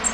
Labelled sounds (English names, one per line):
Bay-breasted Warbler flight call